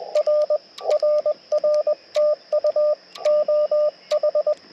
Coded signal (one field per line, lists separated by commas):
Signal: Morse code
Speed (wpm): 20 wpm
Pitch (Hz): 600 Hz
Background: radio noise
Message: R RR TU OH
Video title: POTA with Chameleon MPAS Lite & Yaesu FT-891 - 6/12/23 @ K-3684